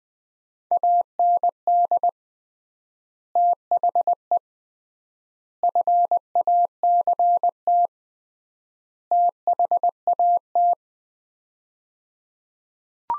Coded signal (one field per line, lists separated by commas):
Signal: Morse code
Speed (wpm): 20 wpm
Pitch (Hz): 700 Hz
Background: none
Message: AND THE FACT THAT